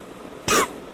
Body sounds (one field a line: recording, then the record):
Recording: coughing mixed with background sound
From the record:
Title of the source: 31 night wet cough